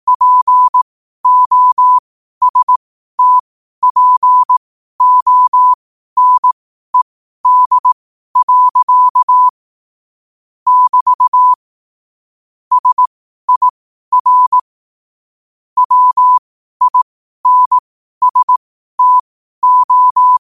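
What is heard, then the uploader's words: Morse code sent at 12 words per minute: a single steady mid-pitched tone keyed on and off into short dots and longer dashes. The groups run evenly, with brief pauses near ten and fifteen seconds, and dead silence between tones, with nothing else in the background. Quotes for Fri, 01 Mar 2024 in Morse Code at 12 words per minute.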